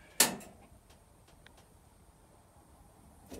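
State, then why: Released. After a Speed Queen TR7 top-load washing machine is paused to add forgotten detergent and left to wait, the lid lock on the machine's lid releases with a loud click at 0.2 s and a faint click at 1.5 s. The lid is now unlocked and can be opened.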